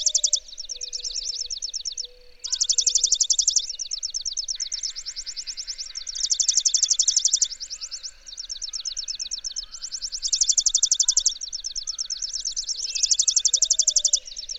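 Bird song: high, rapid, buzzy trills in bursts of one to two seconds, recurring every few seconds, with softer, lower runs of notes between them.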